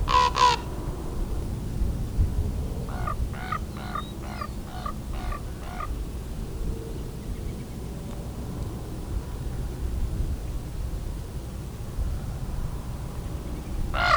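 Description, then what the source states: Common raven calling: a loud harsh croak, then a quick series of about seven short throaty notes, and another harsh croak at the end, over low rumbling background noise. A second raven arrives and lands in front of the recordist; the raven seems unhappy about a red-tailed hawk just above it.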